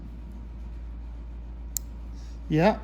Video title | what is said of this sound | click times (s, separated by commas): 1964 66 Thunderbird Reproduction Window Switch Parts | we should hear the clip lock into place | 1.8 s